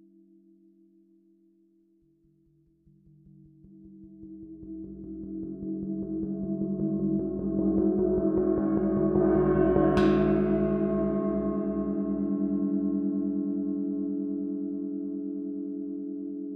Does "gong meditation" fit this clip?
yes